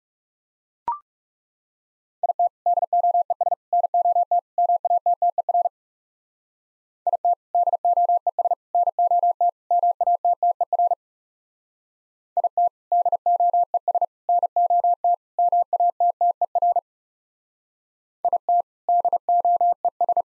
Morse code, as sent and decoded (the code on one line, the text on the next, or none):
.. - / -.. --- . ... / -. --- - / -- .- - - . .-. / .. - / -.. --- . ... / -. --- - / -- .- - - . .-. / .. - / -.. --- . ... / -. --- - / -- .- - - . .-. / .. - / -.. --- . ...
IT DOES NOT MATTER IT DOES NOT MATTER IT DOES NOT MATTER IT DOES